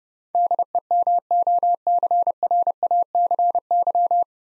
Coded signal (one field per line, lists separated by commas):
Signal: Morse code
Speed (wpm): 32 wpm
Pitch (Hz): 700 Hz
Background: none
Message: DEMOCRACY